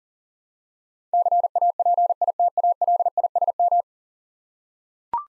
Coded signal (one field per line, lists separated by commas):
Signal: Morse code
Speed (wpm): 39 wpm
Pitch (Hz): 700 Hz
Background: none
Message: CAPITALISM